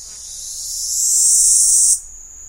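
Keys cicada call: a harsh, very high buzz that builds in volume and then drops away suddenly to a softer lingering whine.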